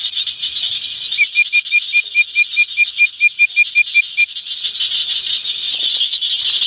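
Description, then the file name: Bird-voiced treefrog call: a rapid series of many short whistled notes over about three seconds, above a steady high background drone. "Hyla avivoca call"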